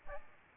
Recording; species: mosquito wingbeat signal from an infrared sensor; Aedes albopictus